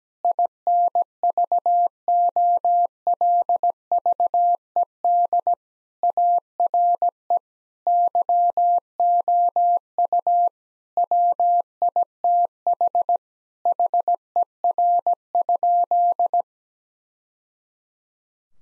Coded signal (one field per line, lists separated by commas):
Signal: Morse code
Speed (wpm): 17 wpm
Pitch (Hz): 700 Hz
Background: none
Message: INVOLVED ARE YOU WITH HER?